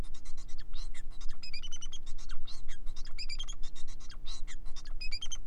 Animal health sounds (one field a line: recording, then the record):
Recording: song of a male Bengalese finch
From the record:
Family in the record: son of father 4